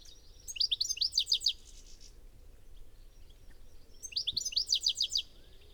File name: Carduelis carduelis